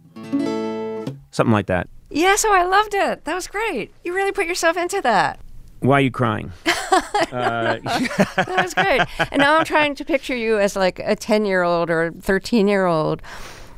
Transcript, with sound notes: Something like that.
Yeah, so I loved it. That was great. You really put yourself into that.
Why are you crying?
(LAUGHTER)
That was great. I'm trying to picture you as, like, a 10-year-old or 13-year-old